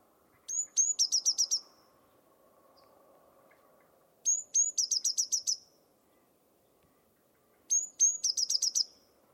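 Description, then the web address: Bird song repeated three times, each phrase two high notes followed by a quick trill of bright chips; low background rumble between phrases. Bird-only recording from a 2025 bird dataset. "cianscape birddata Deverinetal 2025 Bird Only"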